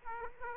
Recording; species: mosquito wingbeat signal from an infrared sensor; Aedes aegypti